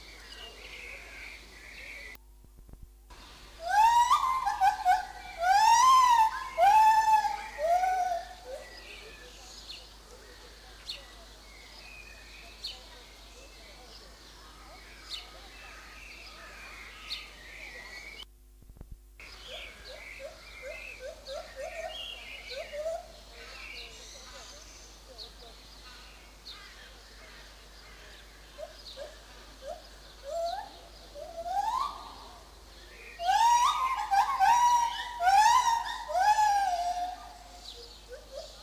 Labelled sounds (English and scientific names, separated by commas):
Lar Gibbon (Hylobates lar)